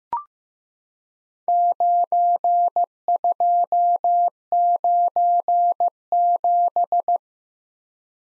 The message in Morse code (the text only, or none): 9297